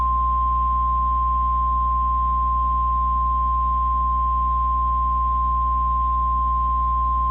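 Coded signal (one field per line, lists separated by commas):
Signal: Emergency Alert System (SAME) tones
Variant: 1050 Hz attention tone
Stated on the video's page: Valid EAS tones.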